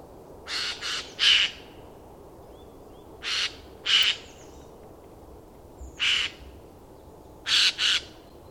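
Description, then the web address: Bird calls: rasping, scratchy notes given singly or in quick pairs, spaced about a second or two apart over a quiet background. "madarak enek"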